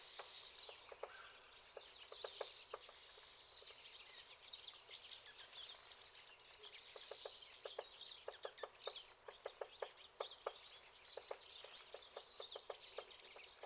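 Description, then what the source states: Pine siskins keep up a steady high twittering chatter, with frequent sharp clicks throughout. Several pine siskins.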